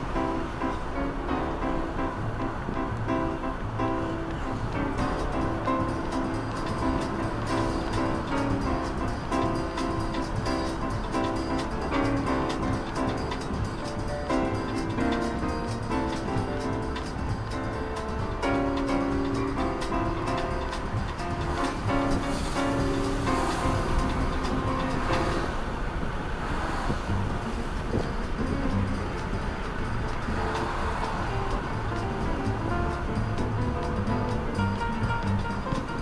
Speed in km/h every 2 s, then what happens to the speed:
69, 65, 65, 65, 66, 59, 55, 54, 62, 68, 72, 78, 84, 81, 77, 75, 73, 68.
0-8 steady at about 65. 8-15 slows to 54. 15-25 speeds up to 84. 25-36 slows to 68.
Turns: none.